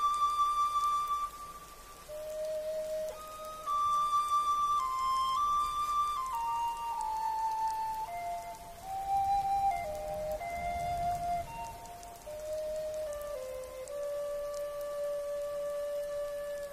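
A rainy night at Hogwarts: steady soft rain patter beneath slow, sustained bright tones stepping gradually downward, with a brief low rumble near eleven seconds.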